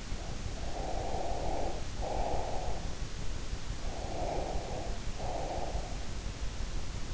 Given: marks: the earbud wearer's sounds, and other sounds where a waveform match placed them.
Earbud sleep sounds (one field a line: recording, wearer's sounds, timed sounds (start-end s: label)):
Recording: sounds in sleep by an in-ear microphone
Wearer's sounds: breath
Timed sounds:
0.59-2.92 s: breath
3.77-5.98 s: breath